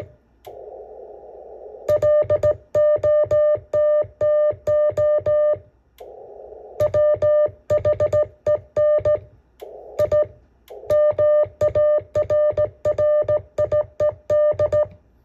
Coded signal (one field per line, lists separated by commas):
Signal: Morse code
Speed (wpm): 15 wpm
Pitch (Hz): 600 Hz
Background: music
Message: LOTTO WHEN I MARRIED